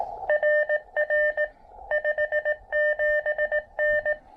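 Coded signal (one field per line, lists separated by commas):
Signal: Morse code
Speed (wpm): 19 wpm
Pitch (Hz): 600 Hz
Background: none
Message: RR 57N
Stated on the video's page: Quick QRP Parks on the Air activation with an Elecraft KX2 set up on a knee board.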